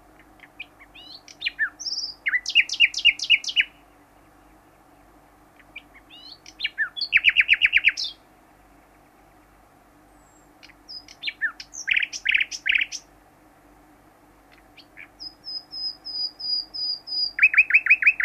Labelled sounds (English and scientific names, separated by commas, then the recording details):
Common Nightingale (Luscinia megarhynchos) social call
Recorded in the wild
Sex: male
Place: Bopfingen, Baden-Württemberg, DE
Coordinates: 48.8419, 10.3767
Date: 1971-05-13
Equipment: Uher Report 4200, AKG D190C in Doppel-Parabolreflektor
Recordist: Krey, Winfried